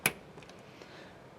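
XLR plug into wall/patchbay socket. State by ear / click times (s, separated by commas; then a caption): seated / 0.1 s. An XLR cable plug, Neutrik logo on top facing the catch, is pushed into a wall or patchbay socket and seats with one sharp, bright click at 0.1 s. A couple of faint ticks follow around 0.4 to 0.5 s over a quiet background. The connector is plugged in and latched.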